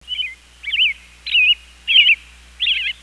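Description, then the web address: Bird calling with five short warbled chirping phrases, each about a third of a second long, spaced evenly throughout with quiet in between. "特酷声音素材库 动物 鸟 Bird"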